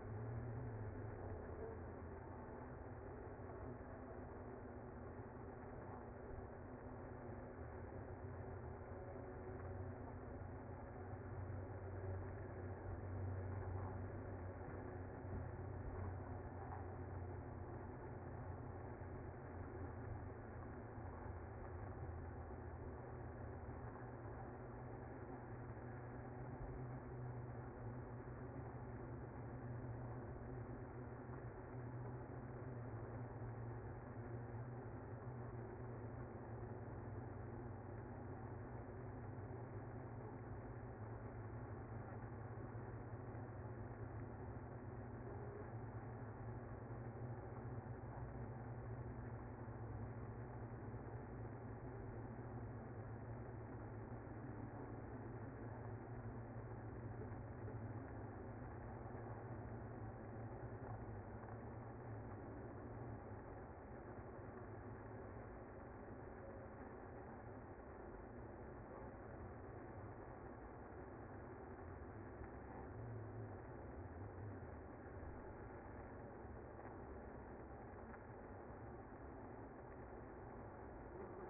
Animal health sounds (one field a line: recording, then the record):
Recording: honeybee colony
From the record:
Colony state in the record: active